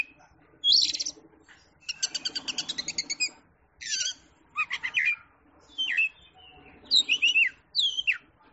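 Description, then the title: Oriental magpie-robin song: loud varied phrases of sweet whistles, rapid buzzy trills and slurred rising and falling notes, separated by short pauses. Champion songbird singing. "Kicau Burung Kacer Juara"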